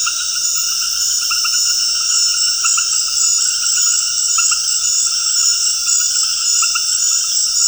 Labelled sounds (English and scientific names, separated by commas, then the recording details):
none
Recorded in dense forest near Puerto Asís, Putumayo, Colombia, on 20 February 2024 at 20:30
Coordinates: 0.485, -76.325
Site G6429